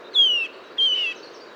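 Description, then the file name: Eurasian nuthatch giving two loud, slightly falling whistled calls in quick succession against soft background noise. "Sitta europaea"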